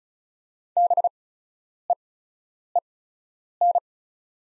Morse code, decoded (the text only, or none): BEEN